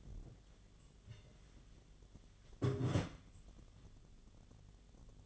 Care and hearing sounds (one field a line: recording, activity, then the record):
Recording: daily activity, microphone in the room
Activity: take from stove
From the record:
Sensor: 4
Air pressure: 1010.9 hPa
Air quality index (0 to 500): 167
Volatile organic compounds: 4 ppm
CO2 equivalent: 1698 ppm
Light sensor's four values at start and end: 40/114/46/47 and 41/116/47/48